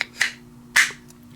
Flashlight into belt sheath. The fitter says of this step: is absolutely fantastic it snaps into place if you listen